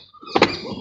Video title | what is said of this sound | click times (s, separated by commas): Car Child Seat - Install video - Peg Perego | അതുവരെ അമർത്താം. ആ ഒരു ക്ലിക്ക് സൗണ്ട് കേട്ടാൽ എന്തായി, | 0.4 s